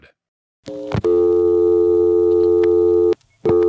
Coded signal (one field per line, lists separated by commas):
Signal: telephone call progress tone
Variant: North America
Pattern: dial tone